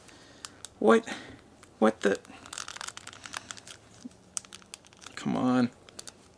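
A plastic arm for a Marvel Legends Avengers Endgame Armored Thanos build-a-figure is being pushed into the torso's joint socket, with crinkling packaging and scattered small plastic ticks and taps as someone talks. The arm has not seated or clicked into the shoulder joint yet.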